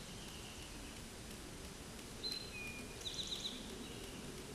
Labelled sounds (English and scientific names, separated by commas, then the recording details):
Eastern Towhee (Pipilo erythrophthalmus) song
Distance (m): 50 m
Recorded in a Pennsylvania forest on 17 May 2023 at 13:24
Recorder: AudioMoth, point grid1_14_low
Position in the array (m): 112 m, 105 m